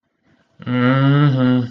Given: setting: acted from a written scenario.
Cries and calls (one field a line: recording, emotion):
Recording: vocal sound without words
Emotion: contempt